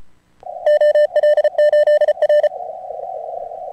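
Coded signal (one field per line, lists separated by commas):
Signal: Morse code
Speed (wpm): 34 wpm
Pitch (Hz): 1800 Hz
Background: none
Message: OL8R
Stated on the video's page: ARRL DX contest Morse code.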